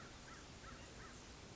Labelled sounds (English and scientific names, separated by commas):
American Crow (Corvus brachyrhynchos)